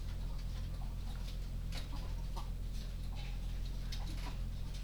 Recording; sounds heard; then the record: poultry house recording; sick chickens (respiratory disease)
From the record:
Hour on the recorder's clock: 23